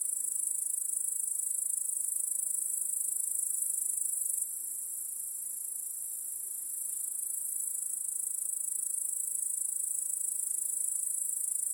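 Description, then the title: Steady shrill cricket chorus with rapid pulsed chirps, softening for a few seconds midway and then rising again. Crickets chorusing in a home backyard at night. "Crickets in Your Backyard 🏡. Discovering the Sounds of Home"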